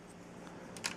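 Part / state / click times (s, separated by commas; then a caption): plastic armor part into toy base assembly / seated / 0.9 s. A second plastic armor part is pushed into place on a toy base assembly. A faint tick comes at 0.8 s, then a sharp, bright snap at 0.9 s as the part seats, over a low steady background hum. No one talks.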